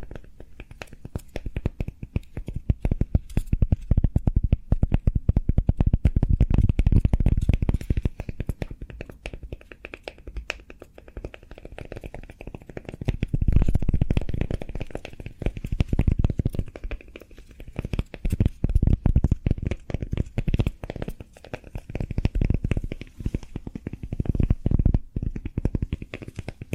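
ASMR cork triggers: dense, rapid tapping and scratching clicks with a low rumbling undertone, swelling louder around seven, fifteen and twenty-four seconds.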